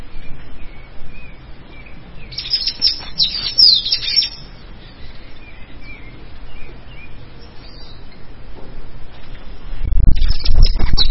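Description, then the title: Bird song: a brief flurry of quick, high chirps and twitters lasting about two seconds, then quiet, with a loud noisy burst near the end. "LuckyPassaro Completos2Sama"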